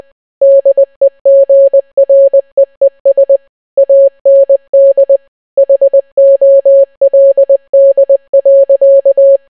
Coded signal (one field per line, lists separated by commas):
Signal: Morse code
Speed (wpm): 20 wpm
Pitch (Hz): 550 Hz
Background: none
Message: DEGREES AND HOLD.